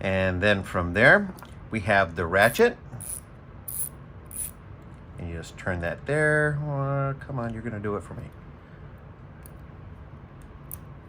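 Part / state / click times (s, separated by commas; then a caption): ratchet accessory into multi-tool / seated / 10.7 s. A ratchet accessory is turned into a Leatherman ARC multi-tool with a Magnacut steel blade while someone talks. Several short clicks and rattles follow, and the accessory locks into place with a sharp click at 10.7 s.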